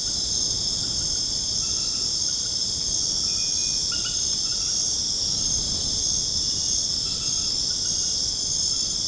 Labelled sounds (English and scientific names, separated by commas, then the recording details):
none
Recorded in dense forest near Puerto Asís, Putumayo, Colombia, on 25 June 2025 at 20:30
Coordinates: 0.486, -76.317
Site G065